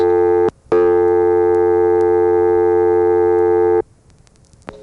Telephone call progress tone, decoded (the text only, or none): dial tone